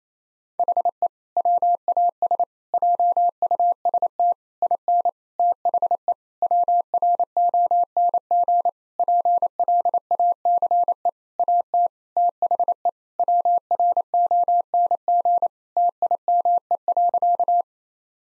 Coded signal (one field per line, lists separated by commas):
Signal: Morse code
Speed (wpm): 27 wpm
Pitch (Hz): 700 Hz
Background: none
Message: HE WAS JUST IN THE WRONG PLACE AT THE WRONG TIME.